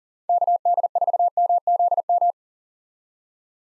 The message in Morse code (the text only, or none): KD4MZM